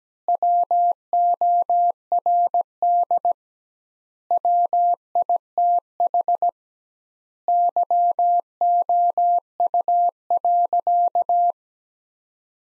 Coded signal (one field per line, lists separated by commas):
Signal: Morse code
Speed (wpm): 17 wpm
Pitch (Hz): 700 Hz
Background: none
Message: WORD WITH YOU.